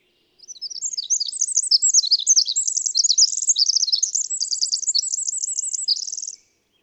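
Bird song, a fast high twittering run of chirps and trills lasting about six seconds, ending in a quick rattled trill, with a quiet background.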